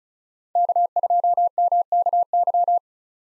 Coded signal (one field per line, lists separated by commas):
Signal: Morse code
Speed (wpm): 38 wpm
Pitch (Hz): 700 Hz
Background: none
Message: K2MKY